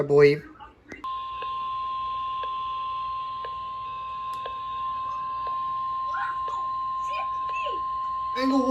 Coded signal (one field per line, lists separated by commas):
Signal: Emergency Alert System (SAME) tones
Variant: 1050 Hz attention tone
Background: speech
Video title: MONTHLIES + 3 DAYS OF MARGINAL CHAOS - EAS Alerts From 5/23/23 - 5/25/23 (EAS #226-257)